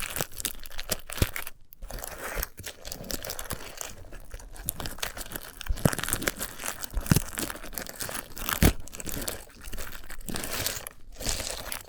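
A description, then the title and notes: A sunflower head being handled for ASMR, with dense, continuous crinkling and crackling textures. Sharp snaps and tearing sounds punctuate the rustle irregularly, with louder ones near 1.5, 6, 7, 8.7 and 11 seconds, and brief near-silent gaps between handling. ASMR of a Sunflower Head (No Talking).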